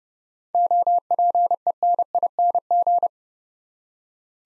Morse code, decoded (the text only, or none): OPENING